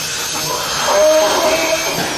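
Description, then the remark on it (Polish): A dental drill used on teeth at the Dzieciątka Jezus Clinical Hospital whirs steadily, a broad hissing drone with a thin, faint whine that surfaces midway and wavers for under a second before fading back into the noise. “Codziennie używam wierteł, są różne rodzaje wierteł.”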